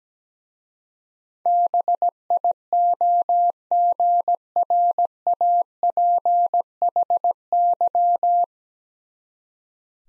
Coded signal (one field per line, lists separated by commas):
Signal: Morse code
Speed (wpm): 17 wpm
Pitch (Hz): 700 Hz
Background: none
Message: BIOGRAPHY